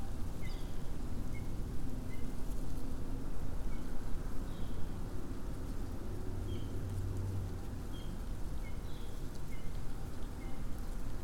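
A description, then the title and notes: Wind roars steadily through a burned oak stand, a dense low rumble that holds nearly constant for the whole stretch. Faint, short bird chirps break through now and then, scattered every second or two, and a brief low hum rises near the seventh second. Elkhart Bog Nature Preserve. Windy day in a freshly burned oak stand. Mixed audio mono due to the right microphone peaking due to the wind. Constant distant traffic due to proximity to Interstate 80/90.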